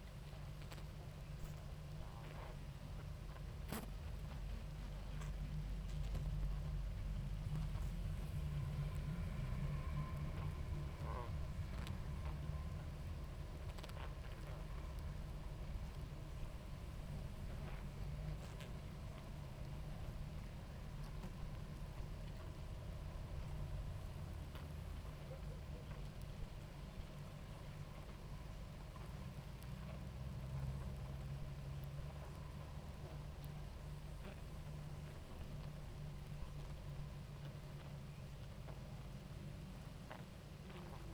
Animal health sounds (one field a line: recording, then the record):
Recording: honeybee colony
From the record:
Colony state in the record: active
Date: 28 July 2017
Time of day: 18:40